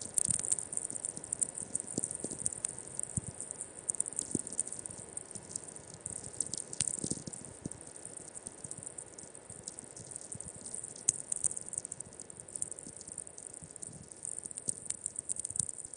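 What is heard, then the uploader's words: Natural radio emissions from Antarctica: a steady high hiss peppered with constant crackling clicks and occasional sharper pops, over a faint low rumble. A compilation of the 'sounds' of Earth's natural radio emissions as recorded by a remote VLF receiver at the Halley VI research station in Antarctica. Recorded by the Sounds of Space Project.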